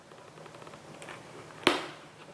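A cheek pad is pulled away from the shell of a Caberg Flyon motorcycle helmet, with faint handling rustle and a small tick near 1.0 s. Its plastic press-stud snap pops open with a sharp click at 1.7 s, followed by a brief decay. The snap releases and the liner comes free.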